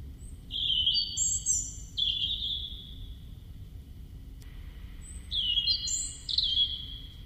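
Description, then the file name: European robin song in two phrases separated by a pause, each a tumble of high, thin whistles stepping between pitches, with soft background hiss. "Erithacus rubecula"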